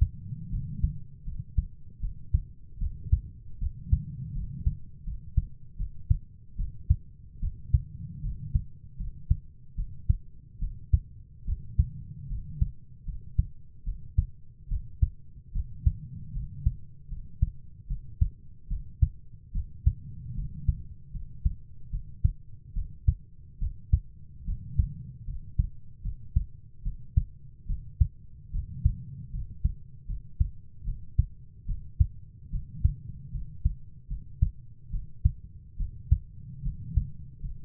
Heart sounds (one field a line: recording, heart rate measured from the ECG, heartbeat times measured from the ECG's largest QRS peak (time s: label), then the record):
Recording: heart sounds by stethoscope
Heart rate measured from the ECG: 75 bpm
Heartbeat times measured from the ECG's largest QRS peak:
0.51 s: heartbeat
1.26 s: heartbeat
2.01 s: heartbeat
2.80 s: heartbeat
3.60 s: heartbeat
4.35 s: heartbeat
5.05 s: heartbeat
5.78 s: heartbeat
6.57 s: heartbeat
7.41 s: heartbeat
8.23 s: heartbeat
8.98 s: heartbeat
9.76 s: heartbeat
10.60 s: heartbeat
11.46 s: heartbeat
12.29 s: heartbeat
13.06 s: heartbeat
13.85 s: heartbeat
14.69 s: heartbeat
15.53 s: heartbeat
16.34 s: heartbeat
17.10 s: heartbeat
17.88 s: heartbeat
18.69 s: heartbeat
19.53 s: heartbeat
20.36 s: heartbeat
21.13 s: heartbeat
21.91 s: heartbeat
22.75 s: heartbeat
23.60 s: heartbeat
24.46 s: heartbeat
25.27 s: heartbeat
26.03 s: heartbeat
26.84 s: heartbeat
27.68 s: heartbeat
28.52 s: heartbeat
29.32 s: heartbeat
30.08 s: heartbeat
30.85 s: heartbeat
31.67 s: heartbeat
32.51 s: heartbeat
33.32 s: heartbeat
34.09 s: heartbeat
34.92 s: heartbeat
35.78 s: heartbeat
36.64 s: heartbeat
37.42 s: heartbeat
From the record:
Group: healthy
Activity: rest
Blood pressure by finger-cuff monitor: 107/56 mmHg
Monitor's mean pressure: 72 mmHg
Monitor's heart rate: 74 bpm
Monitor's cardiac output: 7 L/min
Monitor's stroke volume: 96 mL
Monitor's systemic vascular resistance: 740 dyn s/cm5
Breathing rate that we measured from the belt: 15 breaths a minute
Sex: female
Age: 22 years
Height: 160 cm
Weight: 63 kg